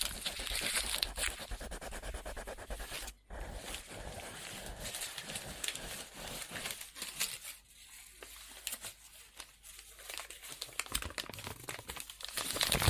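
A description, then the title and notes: Scribbling on paper: a steady, dense scratch of pen strokes with rapid bright scrapes, a brief pause near three seconds, then continued uneven scribbling. Scribbling On Paper.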